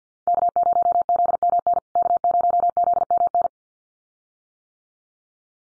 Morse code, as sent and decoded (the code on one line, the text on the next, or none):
-.- ----- --.. -- -. / -.- ----- --.. -- -.
K0ZMN K0ZMN